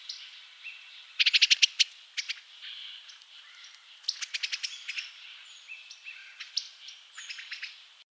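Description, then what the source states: Eastern bluebird giving soft, warbled notes in short phrases, mixed with sharp clicking bursts, over quiet background hiss. Subspecies Sialia sialis fulva.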